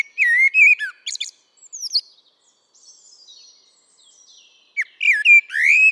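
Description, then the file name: Eurasian blackbird phrases: mellow whistled warbles around mid pitch followed by thin, squeaky high twitters, in two bursts with a quieter stretch between. "Turdus merula"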